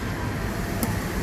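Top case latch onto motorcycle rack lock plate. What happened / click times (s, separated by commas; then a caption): The case latch snapped shut / 0.8 s. A top case latch on an ADV350 motorcycle is pulled down, hooked onto the locking piece on the rack, and pulled back closed. One sharp click at 0.8 s rises over a steady low rumble. The latch snaps shut and is seated, and this latch must stay locked at all times.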